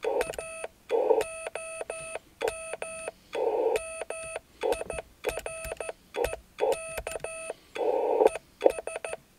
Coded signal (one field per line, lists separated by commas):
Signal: Morse code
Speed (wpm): 14 wpm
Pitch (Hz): 2600 Hz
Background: none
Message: A OM MIREK ES